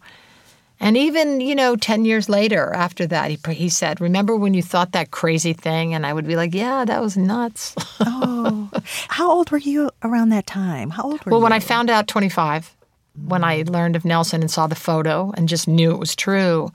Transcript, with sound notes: And even, you know, 10 years later after that, he said, remember when you thought that crazy thing? And I would be like, yeah, that was nuts (laughter).
Oh. How old were you around that time? How old were you?
Well, when I found out, 25, when I learned of Nelson and saw the photo and just knew it was true.